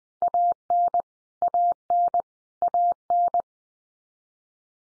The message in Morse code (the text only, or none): AN AN AN